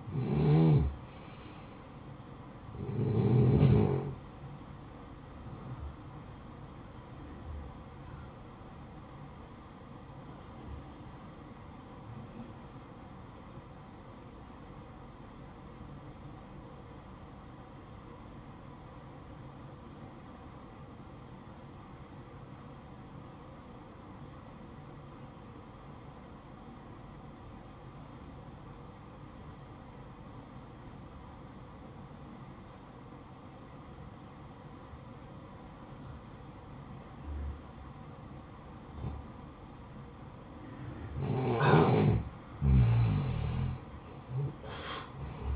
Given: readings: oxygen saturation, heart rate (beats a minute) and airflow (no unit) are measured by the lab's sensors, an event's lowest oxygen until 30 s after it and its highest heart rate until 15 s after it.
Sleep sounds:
breathing in sleep by a smartphone at the bedside; 1
11.00-39.80 s: obstructive apnea (N1, oxygen 94% highest, then 89% lowest, heart rate 61 at the start, 65 highest)
From the record:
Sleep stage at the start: N1 (lightest sleep); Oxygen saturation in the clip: 87 to 94%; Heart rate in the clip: 55 to 68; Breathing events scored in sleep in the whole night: 573 in 9.8 hours asleep

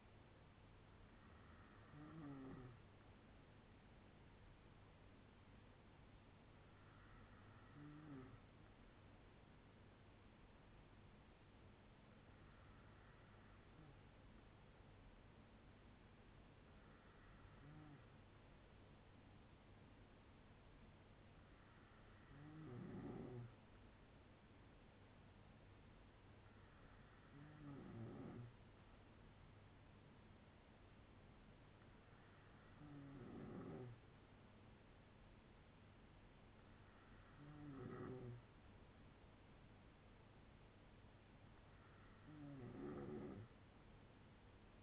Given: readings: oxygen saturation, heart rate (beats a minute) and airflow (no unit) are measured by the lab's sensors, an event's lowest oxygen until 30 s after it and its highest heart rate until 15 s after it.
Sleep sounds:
breathing in sleep by a voice recorder at the bedside; 1
3.00-27.20 s: hypopnea (N2, oxygen 96% highest, then 93% lowest, heart rate 60 at the start, 65 highest)
From the record:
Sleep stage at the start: N2 (light sleep); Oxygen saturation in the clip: 93 to 96%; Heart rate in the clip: 57 to 65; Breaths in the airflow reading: 9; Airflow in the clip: -5.2 to 3.1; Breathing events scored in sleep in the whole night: 182 in 7.4 hours asleep

